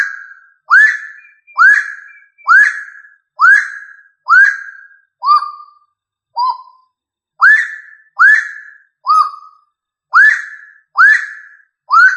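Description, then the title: Rail giving repeated clear whistles, each sweeping upward, spaced about a second apart, with a few lower notes mixed in. "Familia Rallidae"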